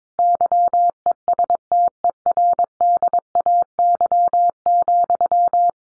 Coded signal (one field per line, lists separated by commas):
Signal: Morse code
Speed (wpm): 22 wpm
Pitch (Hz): 700 Hz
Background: none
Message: YESTERDAY,